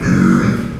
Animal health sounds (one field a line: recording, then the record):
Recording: squeal of a Yucatan mini pig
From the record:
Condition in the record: after surgery on the right vocal fold (resection and tissue-engineered implant)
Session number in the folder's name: 12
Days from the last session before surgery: 105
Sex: female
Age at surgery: 19 weeks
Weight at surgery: 25 kg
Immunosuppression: prednisolone